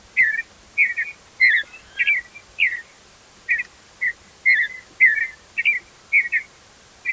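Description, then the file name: Purple martin calling: a steady series of about a dozen short, throaty chirps with slurred, gurgling notes, roughly two per second with a couple of brief pauses, over quiet background. "Purple Martin Lang Elliott"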